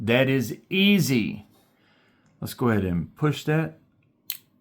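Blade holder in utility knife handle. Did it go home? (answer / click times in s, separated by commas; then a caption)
released / 4.3 s. Someone talks, then the release on an Exceed Designs TiRant Ultra titanium utility knife is pushed. The blade holder unlatches and pops up out of the handle with a single sharp click at 4.3 s, and the holder is released.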